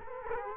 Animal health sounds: mosquito wingbeat signal from an infrared sensor; Culex quinquefasciatus

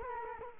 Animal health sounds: mosquito wingbeat signal from an infrared sensor; Culex quinquefasciatus

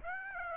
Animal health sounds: mosquito wingbeat signal from an infrared sensor; Aedes aegypti

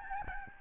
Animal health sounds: mosquito wingbeat signal from an infrared sensor; Aedes albopictus

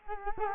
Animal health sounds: mosquito wingbeat signal from an infrared sensor; Culex quinquefasciatus

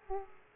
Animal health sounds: mosquito wingbeat signal from an infrared sensor; Aedes aegypti

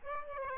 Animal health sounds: mosquito wingbeat signal from an infrared sensor; Aedes aegypti

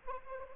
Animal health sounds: mosquito wingbeat signal from an infrared sensor; Anopheles arabiensis

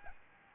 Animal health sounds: mosquito wingbeat signal from an infrared sensor; Aedes albopictus

